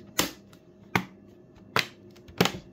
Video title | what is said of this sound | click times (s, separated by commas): ACER Nitro 5 M.2 SSD Upgrade - How to add more storage space to your Nitro 5 laptop! | completely normal for it to click all right | 0.2 s, 1.0 s, 2.4 s